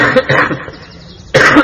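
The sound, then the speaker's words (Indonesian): A short run of harsh, raspy coughs, then a brief quiet pause and one more loud, rough cough. No talking comes through. “Malah batuk karena kan syafaqallah.”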